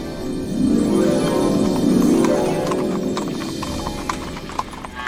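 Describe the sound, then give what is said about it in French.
Horse hooves clip-clop in a steady, sharp rhythm as horses pull a wagon along the roads, over a continuous low rolling rumble, with no voices. “Avec son père, sa mère et ses 5 frères et sœurs, elle a passé son enfance sur les routes, dans des chariots tirés par des chevaux.”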